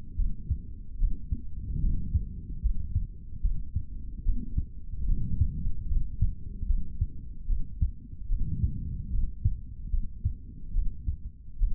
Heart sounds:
heart sounds by stethoscope; 74 bpm
0.16 s: heartbeat
0.98 s: heartbeat
1.81 s: heartbeat
2.62 s: heartbeat
3.41 s: heartbeat
4.23 s: heartbeat
5.06 s: heartbeat
5.88 s: heartbeat
6.67 s: heartbeat
7.47 s: heartbeat
8.28 s: heartbeat
9.10 s: heartbeat
9.90 s: heartbeat
10.73 s: heartbeat
11.58 s: heartbeat
From the record:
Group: healthy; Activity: rest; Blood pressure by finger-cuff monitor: 110/84 mmHg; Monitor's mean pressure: 93 mmHg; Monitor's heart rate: 74 bpm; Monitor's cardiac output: 3.3 L/min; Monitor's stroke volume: 45 mL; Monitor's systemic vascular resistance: 2070 dyn s/cm5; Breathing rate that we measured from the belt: 18 breaths a minute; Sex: male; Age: 55 years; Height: 167 cm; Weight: 57.2 kg

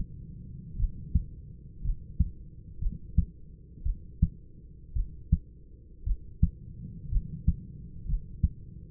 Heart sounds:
heart sounds by stethoscope; 58 bpm
0.77 s: heartbeat
1.82 s: heartbeat
2.79 s: heartbeat
3.83 s: heartbeat
4.94 s: heartbeat
6.04 s: heartbeat
7.10 s: heartbeat
8.06 s: heartbeat
From the record:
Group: healthy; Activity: rest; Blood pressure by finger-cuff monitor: 148/62 mmHg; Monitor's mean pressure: 89 mmHg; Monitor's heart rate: 54 bpm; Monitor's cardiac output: 6.6 L/min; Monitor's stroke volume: 115 mL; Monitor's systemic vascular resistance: 980 dyn s/cm5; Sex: male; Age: 25 years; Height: 170 cm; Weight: 70.4 kg

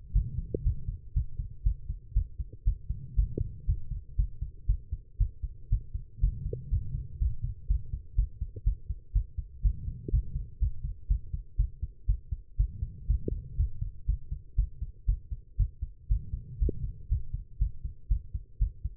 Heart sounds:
heart sounds by stethoscope; 120 bpm
0.13 s: heartbeat
0.64 s: heartbeat
1.14 s: heartbeat
1.64 s: heartbeat
2.14 s: heartbeat
2.65 s: heartbeat
3.16 s: heartbeat
3.66 s: heartbeat
4.16 s: heartbeat
4.67 s: heartbeat
5.18 s: heartbeat
5.70 s: heartbeat
6.21 s: heartbeat
6.70 s: heartbeat
7.19 s: heartbeat
7.68 s: heartbeat
8.16 s: heartbeat
8.64 s: heartbeat
9.13 s: heartbeat
9.62 s: heartbeat
10.11 s: heartbeat
10.59 s: heartbeat
11.08 s: heartbeat
11.57 s: heartbeat
12.06 s: heartbeat
12.57 s: heartbeat
13.07 s: heartbeat
13.57 s: heartbeat
14.06 s: heartbeat
14.56 s: heartbeat
15.06 s: heartbeat
15.57 s: heartbeat
16.08 s: heartbeat
16.59 s: heartbeat
17.09 s: heartbeat
17.59 s: heartbeat
18.08 s: heartbeat
18.59 s: heartbeat
From the record:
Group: healthy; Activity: rest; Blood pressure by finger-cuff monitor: 148/78 mmHg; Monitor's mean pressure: 94 mmHg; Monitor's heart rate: 120 bpm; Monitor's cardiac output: 9.4 L/min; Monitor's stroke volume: 78 mL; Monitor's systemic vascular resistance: 740 dyn s/cm5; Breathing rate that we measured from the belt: 18 breaths a minute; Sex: female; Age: 19 years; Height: 163 cm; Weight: 51 kg

